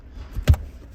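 In a 2022 BMW 2 Series Coupe 220i M Sport, the release on the adjustable rear headrest in the rear seatback is pressed after it was pushed up and locked in place. A sharp hit at 0.5 s marks the latch letting go, followed by a quieter knock as the headrest drops. The headrest is released and falls down.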